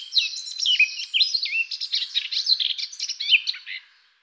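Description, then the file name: Eurasian blackcap song: a dense, hurried warble of chattering and whistled notes lasting about four seconds, then ending. "Moenchsgrasmuecke"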